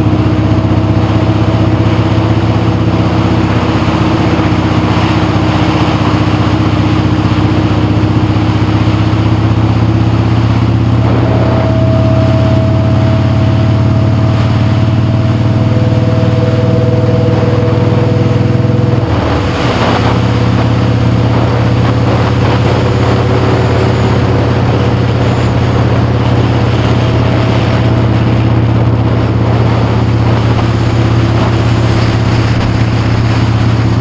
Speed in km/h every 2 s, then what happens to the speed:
48, 40, 40, 48, 47, 48, 52, 55, 61, 56, 53, 60, 56, 55, 58, 58, 58.
0-3 slows to 40. 3-15 speeds up to 61. 15-34 steady at about 58.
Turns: none.